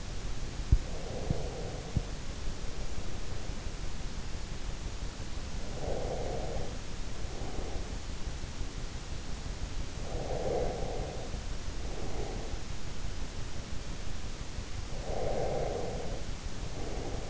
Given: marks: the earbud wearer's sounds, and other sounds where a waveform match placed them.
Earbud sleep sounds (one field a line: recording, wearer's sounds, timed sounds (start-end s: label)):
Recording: sounds in sleep by an in-ear microphone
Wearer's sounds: breath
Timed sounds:
0.73-2.27 s: breath
5.73-7.90 s: breath
9.84-12.53 s: breath
15.01-17.30 s: breath